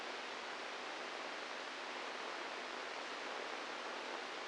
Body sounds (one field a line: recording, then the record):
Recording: brain microelectrode recording played as sound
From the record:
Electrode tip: inside the subthalamic nucleus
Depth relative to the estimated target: 1 mm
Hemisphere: right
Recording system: NeuroSet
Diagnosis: Parkinson's disease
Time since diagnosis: 8 years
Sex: male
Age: 46 years